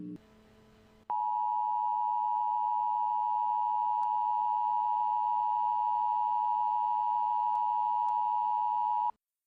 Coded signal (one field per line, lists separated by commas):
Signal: Emergency Alert System (SAME) tones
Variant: 853 and 960 Hz attention tone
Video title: Severe Thunderstorm Warning: Baltimore, MD || 3-28-21